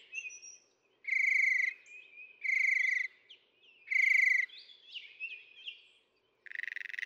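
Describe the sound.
Northern mockingbird singing harsh, buzzy repeated notes about every one and a half seconds, interspersed with softer chattering and whistled phrases.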